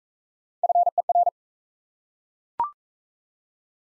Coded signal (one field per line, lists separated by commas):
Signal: Morse code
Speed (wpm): 38 wpm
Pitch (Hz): 700 Hz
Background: none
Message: FER